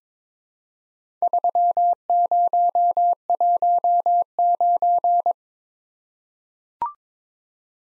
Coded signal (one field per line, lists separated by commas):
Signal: Morse code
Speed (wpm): 22 wpm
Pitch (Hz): 700 Hz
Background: none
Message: 3019